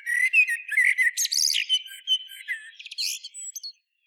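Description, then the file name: Common blackbird song with a steady stream of warbled whistles interspersed with harsh high squeaks, fading to silence after nearly four seconds. "Turdus merula"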